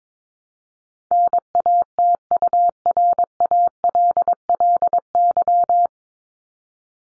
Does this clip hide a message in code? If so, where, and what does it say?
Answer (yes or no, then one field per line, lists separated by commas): yes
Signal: Morse code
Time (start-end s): 1.1-5.9 s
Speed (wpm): 22 wpm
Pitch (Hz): 700 Hz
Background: none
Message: NATURALLY